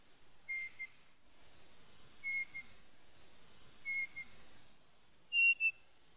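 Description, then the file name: Night parrot whistles: four short, thin, high two-part notes spaced about one and a half seconds apart, the last slightly higher, over quiet background hiss. "night-parrot-chase-2 note"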